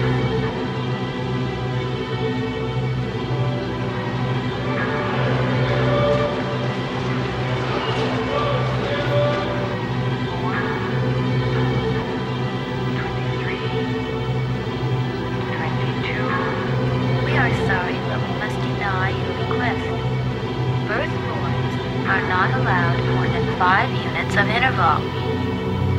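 At the Duomo in Siena, a steady low hum with a fixed mechanical tone runs the whole time. Over it, scattered voices murmur and talk, growing busier and more frequent in the second half, with a few brief clinks and taps.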